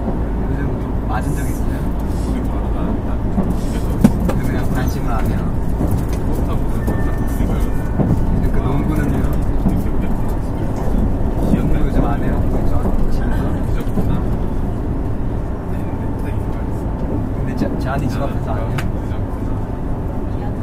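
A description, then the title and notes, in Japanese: A Nankai Railway 50000 series train runs along, its heavy low rumble steady and dense throughout. Voices murmur over the running noise, and faint clicks and taps come through now and then, with a thin steady whine sitting above the rumble. 南海電鉄 ラピートβ りんくうタウンから難波まで。南海電気鉄道50000系電車の走行音です。空港線・南海線の特急列車 ラピートβにて収録しました。区間は、りんくうタウンから難波までです。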